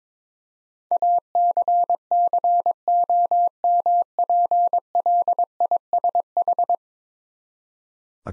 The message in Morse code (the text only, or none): ACCOMPLISH